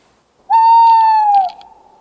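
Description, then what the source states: Tawny Owl hoot: one long, clear, steady hoo held for about a second, slightly rising at the start and falling away at the end. Call played back as the first call stimulation.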